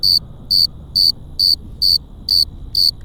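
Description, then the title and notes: Cricket calling with rhythmic shrill chirps, about two each second, regular pattern over quiet low rumble. Several crickets on Cerro Gordo hill, León, Guanajuato, Mexico, 18 April 2019 at 9:19 p.m.; recorded with Tascam DR-05X built-in microphones and WS-11 windshield. "Grillos cercanos en el cerro gordo. Lomas del Madrono, Lomas del Campestre, Gto., Mexico. Close to some crickets at Cerro Gordo in Leon, Guanajuato. Mexico. I made this recording on April 18th, 2019, at 9:19 p.m"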